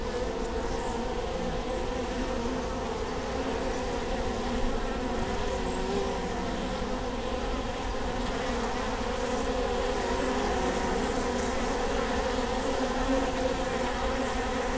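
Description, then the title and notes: Honey bee hive buzz, a thick unbroken hum with layered tones. Bee hive at Prinzessinnengarten, Hermannstraße, Berlin, Germany; recorded with Sony PCM D50 and Primo EM172. "Prinzessinnengarten II, Hermannstraße, Berlin, Deutschland - bee hive. bee hive at Prinzessinnengarten"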